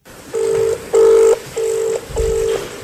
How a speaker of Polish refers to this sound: Niestety, szanowni państwo, nikt nie podnosi telefonu.